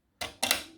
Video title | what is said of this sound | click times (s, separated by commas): code et demontage auto radio ford cmax attention c'est trés special | entend le clic et là vous pousser | 0.2 s, 0.4 s